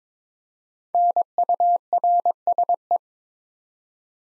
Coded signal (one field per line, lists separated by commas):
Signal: Morse code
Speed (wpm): 23 wpm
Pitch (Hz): 700 Hz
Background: none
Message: NURSE